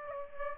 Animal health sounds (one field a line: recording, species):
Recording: mosquito wingbeat signal from an infrared sensor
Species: Aedes aegypti